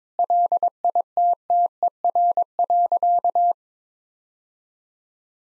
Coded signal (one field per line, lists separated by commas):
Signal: Morse code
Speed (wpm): 22 wpm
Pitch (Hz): 700 Hz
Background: none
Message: LITTER.